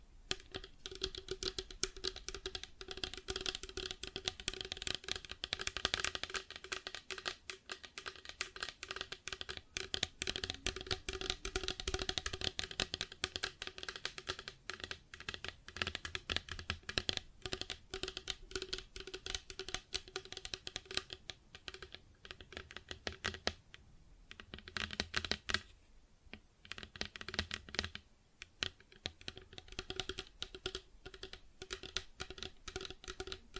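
Plastic objects are tapped and scratched in a dense, busy stream of small clicks and scrapes, like rapid typing. The activity runs fairly evenly through the clip, thinning briefly around 24 and 26 seconds, over a faint steady hum.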